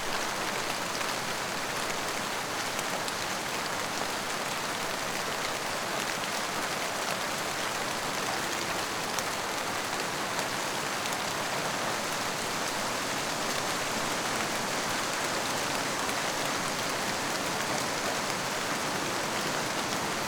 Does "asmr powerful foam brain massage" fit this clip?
no